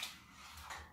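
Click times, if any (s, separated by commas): none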